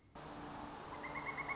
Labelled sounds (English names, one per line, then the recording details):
Pileated Woodpecker
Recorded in Sonoma County, California